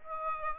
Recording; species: mosquito wingbeat signal from an infrared sensor; Aedes aegypti